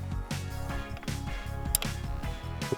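A small plastic dial on a cantilever gate operator is spun along a threaded rod, after the bar is pulled, to set the open limit, with music playing in the background. A sharp click at 1.8 s marks the dial reaching and tripping the limit switch, confirming the open limit is set.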